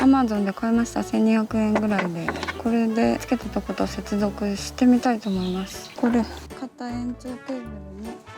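Someone talks over background music while handling a newly bought solar extension cable connector, bringing it to the solar panel's cable connector. Nothing has seated or clicked yet; the clip ends just before the connector goes home.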